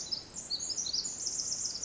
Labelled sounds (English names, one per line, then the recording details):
Pacific Wren
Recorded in Sonoma County, California